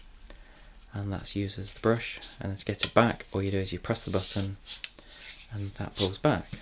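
A sliding brush sleeve on a plastic combination crevice/brush vacuum tool for a Dyson Lightball Multifloor+ corded vacuum cleaner is pushed up and clicks into its locked brush position at 0.3 s with a short, sharp snap. Someone then talks through the rest of the clip.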